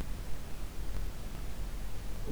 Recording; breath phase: one breath near a microphone; inhalation